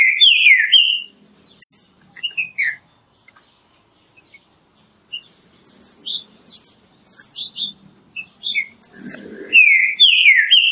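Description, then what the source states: Green-winged saltator song: a rich whistled phrase at the start and end, with scattered high chirps and a soft low rustle between. Classic song style, used for training.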